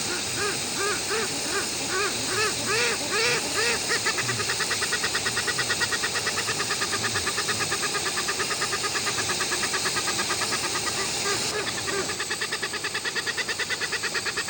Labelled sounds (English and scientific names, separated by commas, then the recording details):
Westland Petrel (Procellaria westlandica)
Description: Westland petrel/tāiko song
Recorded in New Zealand